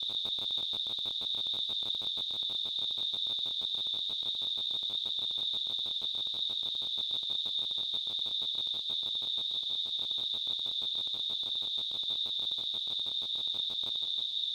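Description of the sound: A steady, high-pitched ringing tone with a fast, even chirping pulse, much like a cricket, sounds throughout without pause. It is a simulated example of tinnitus, the ringing or buzzing that a person with the condition hears in the ears.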